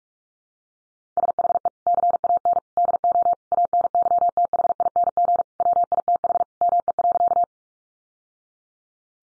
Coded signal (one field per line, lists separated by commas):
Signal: Morse code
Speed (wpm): 44 wpm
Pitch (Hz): 700 Hz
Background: none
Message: SHE CAN DO ANYTHING WITH ME.